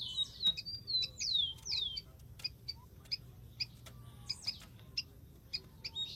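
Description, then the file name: Rufous-collared sparrow song of a few downward-slurred whistles over background noise, followed by repeated short high chips. "canto do tico tico"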